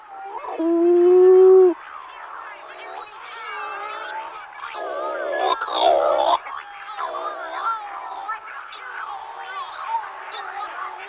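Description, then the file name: Scopoli's shearwater calls, a loud steady nasal note opening a jumble of moaning, bleating wails. "berta maggiore"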